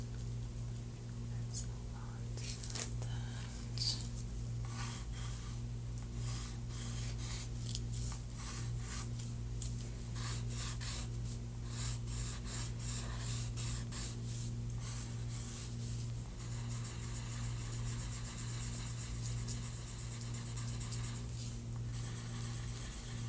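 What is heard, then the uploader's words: Sketching on paper: quick, scratchy pencil strokes come in irregular bursts over a steady low hum that runs throughout. From about sixteen seconds the strokes merge into a denser, continuous shading, with a brief break near twenty-two seconds. ASMR | Sketching you!!!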